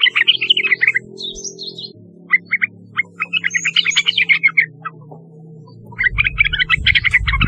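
Yellow-vented bulbul song in bursts of cheerful, gurgling notes separated by short pauses, over a steady low hum and some rumbling near the end.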